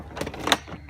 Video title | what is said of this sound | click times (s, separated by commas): How to handle Hilda | just go the other way, then you hear it click. | 0.5 s